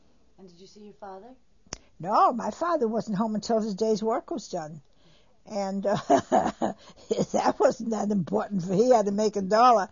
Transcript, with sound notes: And did you see your father?
No. My father wasn't home until the day's work was done. And, (she laughs) that wasn't that important for, he had to make a dollar.